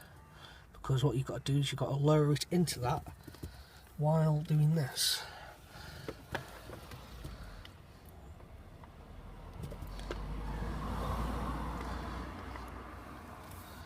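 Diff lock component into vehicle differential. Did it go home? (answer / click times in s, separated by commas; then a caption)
no / none. A diff lock mod part is lowered into the differential of a Discovery 2 off-road vehicle and worked by hand while someone talks, with a sharp short tap at 6.4 s and a low, broad rumble swelling around 10–12 s. Nothing has seated or clicked into place yet.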